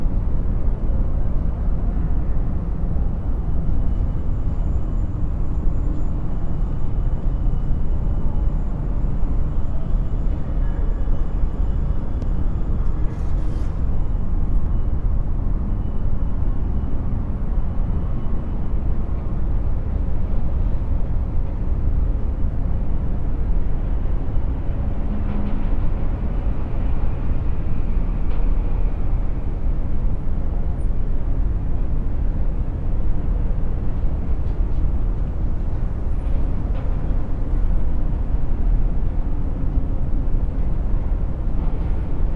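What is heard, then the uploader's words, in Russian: Sounds from skyscrapers: a dense, steady low rumble of city traffic holds without a break across the whole stretch. Faint higher traces come and go, with a brief sharp tick near thirteen seconds and a short low tone around twenty-five seconds. Мы приглашаем вас присоединиться к нам на высоте 20 этажей над шумом городской черты.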